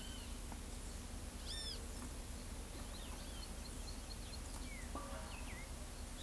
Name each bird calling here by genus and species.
Pitangus sulphuratus, Quiscalus lugubris, Cyclarhis gujanensis